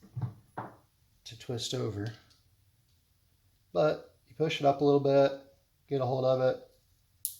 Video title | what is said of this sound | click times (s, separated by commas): HTA Arctic Gray 90/22 Conversation for Beginners - Also Extended Magazine & Bolt Release Install | and twist it over so you hear that little snap | 7.2 s